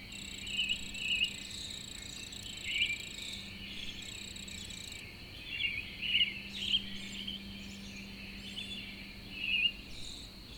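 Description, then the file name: Cricket trilling as a constant high tone under scattered short bird chirps that come in small clusters, with a faint low hum in the background. A lone cricket recorded in the early morning with birds, April 2012. "freesound Early AMBirds Lone Cricket April 2012"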